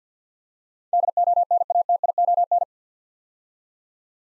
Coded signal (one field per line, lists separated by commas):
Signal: Morse code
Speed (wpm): 53 wpm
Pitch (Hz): 700 Hz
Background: none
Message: DONATION